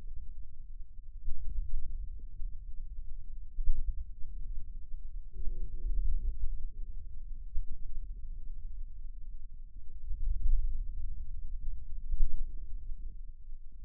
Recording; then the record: forearm muscle sounds (acoustic myography)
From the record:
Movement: wrist extension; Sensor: system 2, bracelet of six BSWA MPA416 microphones around the upper forearm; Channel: 1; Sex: male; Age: 22 years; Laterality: right